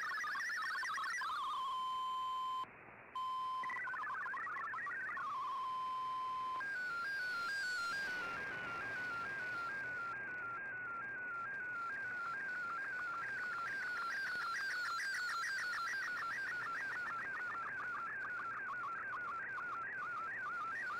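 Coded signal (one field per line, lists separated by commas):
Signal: multi-tone FSK (Olivia or MFSK type)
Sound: rapid warbling tone jumping between pitches, pauses on a steady whistle, then continuous warble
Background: radio static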